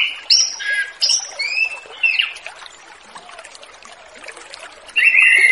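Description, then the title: Orange-headed thrush song: loud whistled phrases repeated for two seconds, a pause, then another strong whistled phrase. Relaxed 'ngeplong' song style, used as a lure for a loose spotted orange-headed thrush. "Anis Kembang Ngeplong Santai , Untuk Pancingan Anis Kembang Lepas Trotol"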